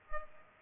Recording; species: mosquito wingbeat signal from an infrared sensor; Culex pipiens